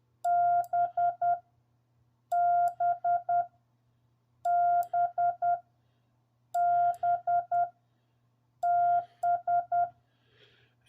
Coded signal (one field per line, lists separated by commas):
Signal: Morse code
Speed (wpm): 10 wpm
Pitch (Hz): 700 Hz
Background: none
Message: B B B B TS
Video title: CW MORSE CODE LESSON #9. "W2KX"